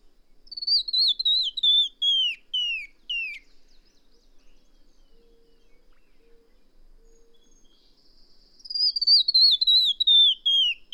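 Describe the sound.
Bird song: a cascade of whistled notes sliding downward, a long quiet gap with a faint hum, then another quick descending whistled run.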